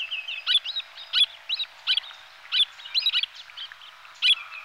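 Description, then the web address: Long-billed murrelet calls: a run of high, clipped chirps and thin whistled fragments, strongest notes coming at irregular intervals of under a second. "brachyramphus perdix"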